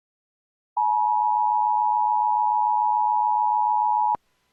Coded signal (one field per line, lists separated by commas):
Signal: Emergency Alert System (SAME) tones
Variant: 853 and 960 Hz attention tone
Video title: EAS- LOX Flash Flood Warning (FFW) on GWES Stream